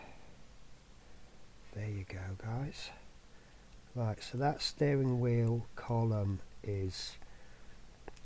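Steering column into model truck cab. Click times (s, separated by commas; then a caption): 8.1 s, 8.2 s. Someone talks while the plastic steering wheel column of a 1:12 scale model truck cab is pushed into its mount. Two small, sharp clicks are heard at 8.1 and 8.2 seconds. The column locks into place.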